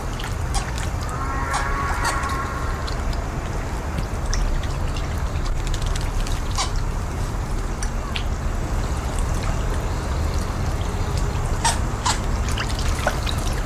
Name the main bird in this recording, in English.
Glossy Ibis